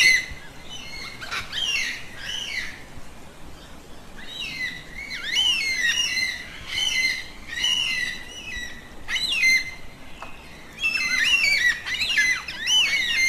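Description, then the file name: Yellow-tailed black cockatoo calls: bursts of harsh, bending squawks, overlapping in clusters with short pauses between groups. "Canto da cacatua funebre"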